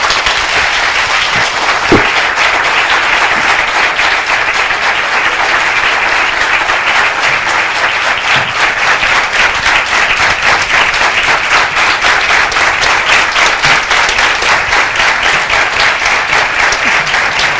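At a Catholic formation course for university students, a crowd breaks into loud, sustained applause for the Libertador San Martín and his men: dense clapping that holds steady for well over fifteen seconds without any voices standing out above it.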